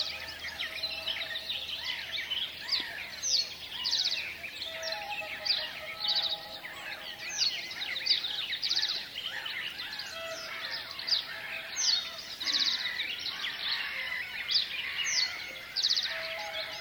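Seasonal ambience with many birds singing at once, a dense, continuous chorus of bright chirps and trills overlapping throughout. Quick repeated notes pop out every second or so above the mass, while a faint low hum sits underneath for the first few seconds.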